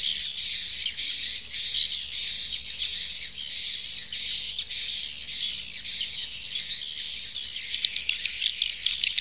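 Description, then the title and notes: Swiftlet calls as repeated high buzzy chirps separated by short gaps, ending in a rapid clicking chatter. Sound used for swiftlet farming in Asia. "Swiflet Bird Sound. Farming Swiflet Bird asia sound"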